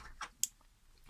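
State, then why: Seated. An 18650 battery adapter is pushed onto the bottom of a Wismec Luxotic NC squonk vape mod, making a single sharp, bright pop at 0.4 s after a softer handling rustle. The adapter seats on the mod base with that one hit, followed by quiet.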